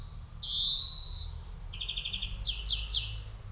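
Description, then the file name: European greenfinch giving one long, drawn-out nasal wheeze, then a few short buzzy twittering bursts, over a low rumble of background noise. "Chloris chloris"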